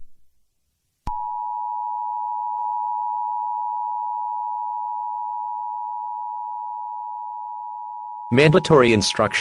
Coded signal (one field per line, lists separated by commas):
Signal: Emergency Alert System (SAME) tones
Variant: 853 and 960 Hz attention tone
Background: speech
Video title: Biological Catastrophe Warning – EAS scenarios Broadcast